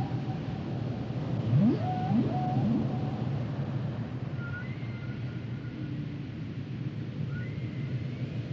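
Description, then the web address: Whale song: three quick rising sweeps with brief tones near the start, then only faint high slides within steady low rumbling. "Whale Songs Whales and Dolphins - whale nature sounds songs"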